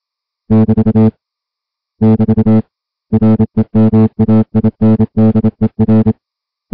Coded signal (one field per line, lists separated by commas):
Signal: Morse code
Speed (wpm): 27 wpm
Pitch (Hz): 220 Hz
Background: music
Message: <BT> <BT> REMAINDER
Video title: High Seas Weather Broadcast August 8, 2021 WNE 472 kHz